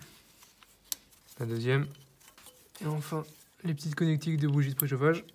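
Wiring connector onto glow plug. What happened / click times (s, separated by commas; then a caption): Handled, not yet home: glow plug connector not yet clicked in / none. A small electrical wiring connector is handled at a diesel glow plug on a 1.5 dCi Megane 2 engine while the injectors are being refitted. Someone talks over faint handling noises, including a sharp tick near 0.9 s. The clip ends just before the connector goes home, so nothing has seated or clicked yet.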